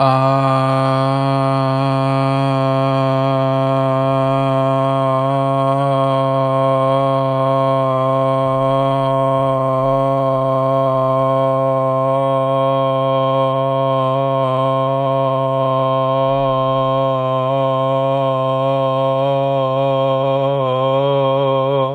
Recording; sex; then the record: sustained vowel /a/; male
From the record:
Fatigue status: no fatigue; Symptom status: asymptomatic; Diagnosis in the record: COVID-19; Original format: m4a